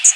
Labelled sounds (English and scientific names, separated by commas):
Black-and-white Warbler (Mniotilta varia) flight call